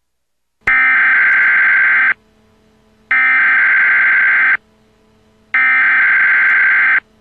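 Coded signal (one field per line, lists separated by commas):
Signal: Emergency Alert System (SAME) tones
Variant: header bursts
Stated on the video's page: Fake severe thunderstorm warning alert, not a real broadcast.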